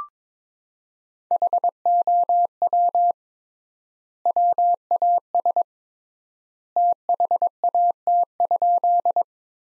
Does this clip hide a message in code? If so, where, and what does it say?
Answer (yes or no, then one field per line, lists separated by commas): yes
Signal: Morse code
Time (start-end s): 1.3-9.2 s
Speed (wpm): 22 wpm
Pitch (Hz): 700 Hz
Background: none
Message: HOW WAS THAT?